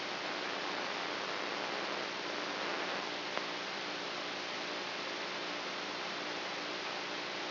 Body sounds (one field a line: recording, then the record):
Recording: brain microelectrode recording played as sound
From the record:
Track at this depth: inside the subthalamic nucleus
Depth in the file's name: 2.405 mm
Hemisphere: right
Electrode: 3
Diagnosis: Parkinson's disease